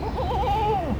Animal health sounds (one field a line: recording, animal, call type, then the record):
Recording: contact call of a hoofed animal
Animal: goat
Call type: low-frequency (closed-mouth) or high-frequency (open-mouth) call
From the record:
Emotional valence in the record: negative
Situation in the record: short social isolation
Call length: 0.99 s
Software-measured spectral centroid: 1630 Hz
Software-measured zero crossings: 1310 a second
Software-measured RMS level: -24 dBFS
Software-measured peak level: -13 dBFS